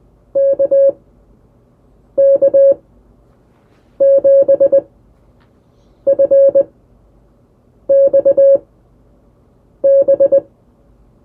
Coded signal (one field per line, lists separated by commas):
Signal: Morse code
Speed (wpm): 20 wpm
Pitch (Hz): 550 Hz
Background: none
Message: KK7FXB